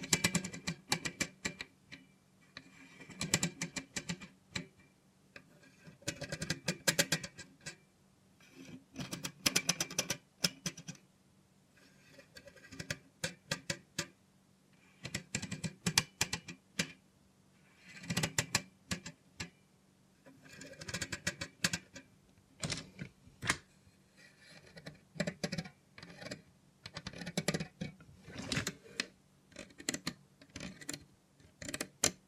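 Clicking, tapping and mechanical rattling from a robot hand come in irregular bursts, some quick and dense, others sparse, with short pauses between. A low, steady hum runs underneath throughout, and the sharp clicks sound bright, like typing or a small machine.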